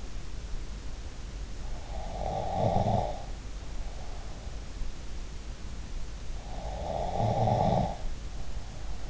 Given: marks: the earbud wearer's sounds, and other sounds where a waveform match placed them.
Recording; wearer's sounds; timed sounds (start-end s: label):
sounds in sleep by an in-ear microphone; snoring breath
2.05-4.48 s: snoring breath
6.51-9.10 s: snoring breath